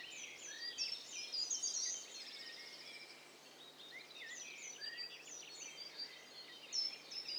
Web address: Hi Fi STEREO BIRD COCKTAIL PARTY Challenge